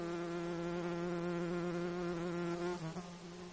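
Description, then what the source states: Mosquito wing buzz, a steady droning hum with rich stacked overtones, holding pitch for almost three seconds before wavering and dipping near the end. Insects recorded in Alaska on 10 August 2012 at 19:10.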